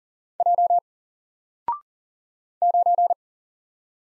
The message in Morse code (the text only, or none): J 9